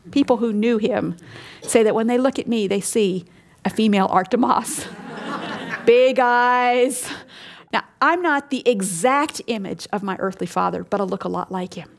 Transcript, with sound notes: people who knew him say that when they look at me, they see a female Art DeMoss. (Laughter) Big eyes. Now, I’m not the EXACT image of my earthly father, but I look a lot like him.